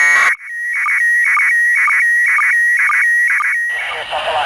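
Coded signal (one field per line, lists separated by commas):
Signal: SSTV (slow-scan television)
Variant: PD 120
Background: speech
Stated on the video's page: Signal from an ISS amateur radio school contact, received on 145.800 MHz FM over Europe via a telebridge station in Italy.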